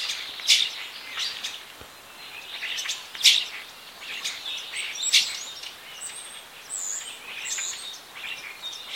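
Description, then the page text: Common starling song of scratchy chatter mixed with piercing clicks and thin whistled notes, delivered in irregular bursts over a faint hiss. "Common Starling Singing Bird. knut the bird nerd"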